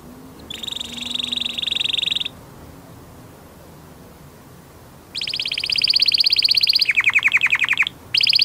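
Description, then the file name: Canary singing high buzzy trills separated by a few seconds of quiet hiss, ending with a lower rattling roll and a fresh trill. "Canary Voice"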